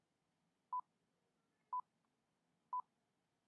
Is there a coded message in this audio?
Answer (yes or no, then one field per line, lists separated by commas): no